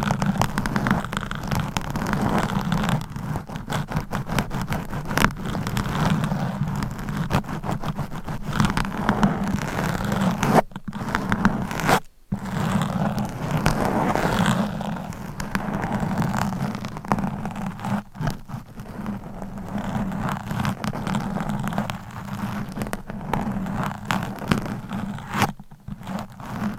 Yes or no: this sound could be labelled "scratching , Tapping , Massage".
yes